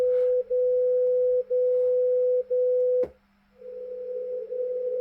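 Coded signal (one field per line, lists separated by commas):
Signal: radio time signal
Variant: DCF77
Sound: steady low hum-tone briefly dipping once per second, three dips, then a click and noisier tone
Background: radio static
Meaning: Each brief carrier drop marks the start of a second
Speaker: That's DCF 77 on 77.5 kilohertz in Germany. A little bit noisy today,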